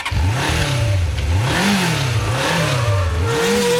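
A short jingle for a sports and motoring radio segment, driven by loud revving car engines, their pitch swooping up and down in repeated waves, with a faint steady tone running underneath and no voices.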